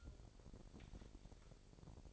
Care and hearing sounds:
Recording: daily activity, microphone in the room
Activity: take from stove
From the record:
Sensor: 5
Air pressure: 1012.1 hPa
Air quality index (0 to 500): 240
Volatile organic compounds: 4 ppm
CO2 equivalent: 1592 ppm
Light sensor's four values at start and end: 44/99/43/47 and 45/103/43/46

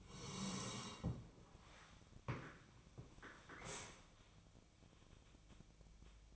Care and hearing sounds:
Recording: daily activity, microphone in the room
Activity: sit down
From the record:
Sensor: 1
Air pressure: 1000.5 hPa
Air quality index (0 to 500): 176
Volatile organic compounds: 4 ppm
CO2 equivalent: 1626 ppm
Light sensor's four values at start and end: 13/31/13/15 and 13/31/13/15

